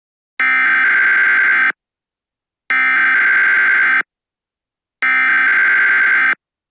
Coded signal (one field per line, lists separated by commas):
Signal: Emergency Alert System (SAME) tones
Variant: header bursts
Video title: EAS Scanerio #1 Midnight Fire